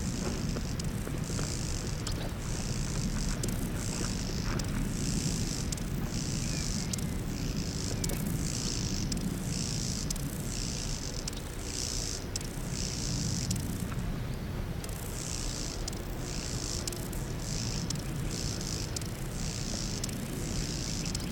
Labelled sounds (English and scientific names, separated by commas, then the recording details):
Lesser Marsh Grasshopper (Chorthippus albomarginatus) stridulation
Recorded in the wild
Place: Eutin, Holsteinische Schweiz, Schleswig-Holstein, DE
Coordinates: 54.132, 10.614
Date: 1992-09-10 12:12
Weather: wolkig-heiter, 17°C
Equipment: Marantz CP 430, Sennheiser ME 80, Kopie Tesla B 116
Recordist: Tembrock, Günter
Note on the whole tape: 2 Männchen hinter einem Weibchen, dann Lautsequenzen des wohl artrichtigen Männchens (in der Sonne auf einem rindenlosen Stamm), längere Strecke